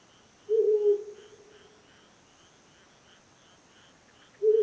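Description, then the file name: Owl hoots: a low hollow note that dies away, then another begins about four seconds later, against a soft pulsing chorus of frogs or insects. "hukurou"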